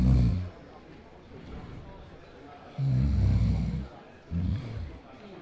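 Three loud, low, rumbling snores with quiet gaps between them, from an adult snoring in sleep, as heard by a partner lying in bed late at night trying to fall asleep.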